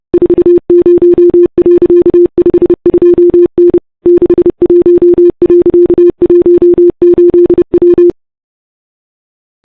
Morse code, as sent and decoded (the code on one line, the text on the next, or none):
....- ----- .-.-.- ..... ..--- -. / -.... .---- .-.-.- .---- ---.. .--
40.52N 61.18W